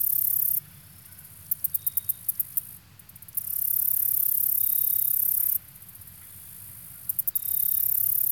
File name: kevin boucher nature insects marsh near shore small lake